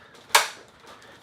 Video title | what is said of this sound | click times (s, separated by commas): Siege Titans OMEGA SUPREME with COUNTDOWN | up the deli until it snaps into place | 0.4 s